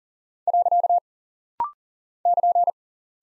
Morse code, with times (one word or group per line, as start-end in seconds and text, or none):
0.5-1.0 .
2.3-2.7 <KN>